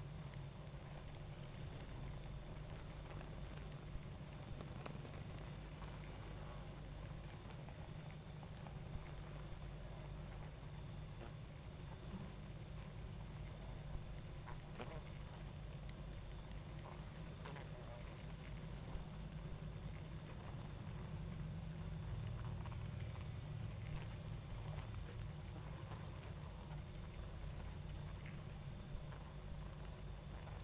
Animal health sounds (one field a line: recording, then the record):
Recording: honeybee colony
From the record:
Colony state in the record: active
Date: 28 July 2017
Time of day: 21:37